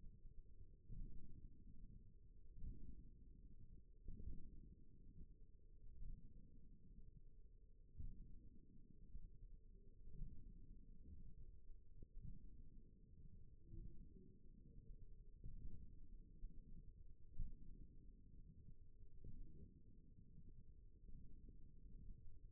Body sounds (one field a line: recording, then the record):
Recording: forearm muscle sounds (acoustic myography)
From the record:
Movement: ulnar deviation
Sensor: system 1, eight BSWA MPA416 microphones around the upper forearm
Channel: 1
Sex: female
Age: 21 years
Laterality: right